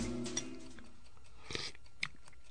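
A man slurps soup in an apartment in a few short, wet sucking bursts spaced out over a couple of seconds, with faint clicks between them and a low hum fading out at the start.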